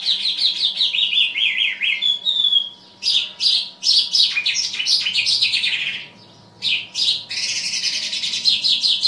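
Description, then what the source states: Bimaculated lark song: quick descending chirp series, then dense scratchy twittering phrases broken by one short pause, a faint hum underneath. Recorded in Afghanistan.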